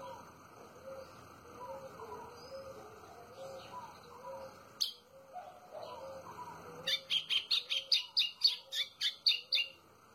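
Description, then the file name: White-throated seedeater: after soft background whistling and one sharp click, a White-throated seedeater sings a rapid string of about a dozen loud, buzzy, high notes. "canto do golinho"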